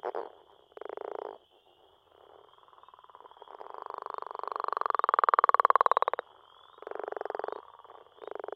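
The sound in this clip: Leopard frog producing a rough, drawn-out pulsed snore that swells to a loud peak, framed by shorter grunting bursts, over a continuous thin high whine.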